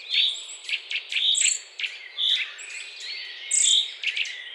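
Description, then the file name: Eurasian nuthatch, loud piping whistled notes repeated irregularly, mixed with clicking ticks and a few higher squeaky notes. "Sitta europaea"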